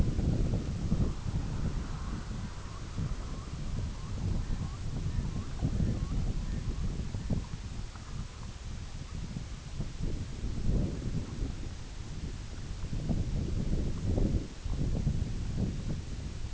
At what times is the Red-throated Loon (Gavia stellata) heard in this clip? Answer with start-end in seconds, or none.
0.29-9.92